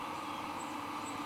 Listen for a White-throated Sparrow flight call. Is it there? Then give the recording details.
no. No flight call is heard. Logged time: 10:42 on 23 September 2014